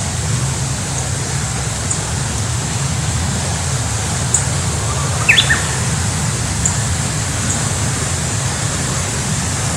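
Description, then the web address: Japanese bush warbler gives one brief phrase, a short whistle then a quick upward flourish, largely buried in constant traffic rumble. Recorded 9 March 2019. "shonin uguisu"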